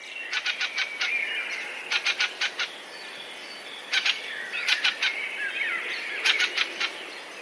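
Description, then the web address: Fieldfare rasping chack notes in quick bursts of three to five, with thin whistled squeaks in the gaps. "wroblowe kolekcja turdus pilaris"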